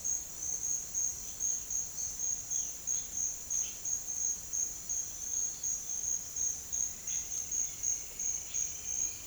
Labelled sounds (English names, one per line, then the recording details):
none
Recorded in secondary vegetation near Puerto Asís, Putumayo, Colombia, on 8 March 2025 at 10:00
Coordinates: 0.488, -76.319
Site G095